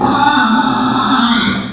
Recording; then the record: squeal of a Yucatan mini pig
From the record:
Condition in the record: after surgery on the right vocal fold (resection and tissue-engineered implant); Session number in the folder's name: 13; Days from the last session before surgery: 113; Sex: female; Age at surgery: 19 weeks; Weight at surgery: 25 kg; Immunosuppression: prednisolone